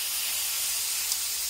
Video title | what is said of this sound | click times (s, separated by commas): Tuto PNEU et session DRIFT avec Mathieu 🤩 | le clac qu'on entend, bah, c'est le pneu qui vient se coller sur le bord de la jambe pour faire son étanchéité. | 1.1 s